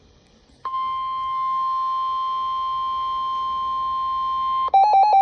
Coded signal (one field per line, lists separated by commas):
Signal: Emergency Alert System (SAME) tones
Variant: 1050 Hz attention tone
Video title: Severe Thunderstorm Warning (EAS#101)